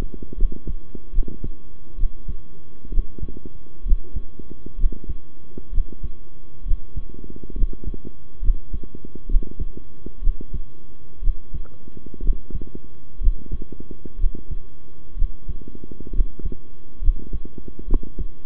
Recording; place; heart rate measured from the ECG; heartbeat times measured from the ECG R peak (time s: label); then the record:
heart sounds by stethoscope; between the tricuspid and mitral areas; 65 bpm
0.37 s: heartbeat
1.12 s: heartbeat
1.97 s: heartbeat
2.91 s: heartbeat
3.85 s: heartbeat
4.77 s: heartbeat
5.72 s: heartbeat
6.65 s: heartbeat
7.55 s: heartbeat
8.41 s: heartbeat
9.28 s: heartbeat
10.21 s: heartbeat
11.21 s: heartbeat
12.22 s: heartbeat
13.20 s: heartbeat
14.18 s: heartbeat
15.16 s: heartbeat
16.12 s: heartbeat
17.01 s: heartbeat
17.87 s: heartbeat
From the record:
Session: rest, sitting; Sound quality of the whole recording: good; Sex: male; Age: 23 years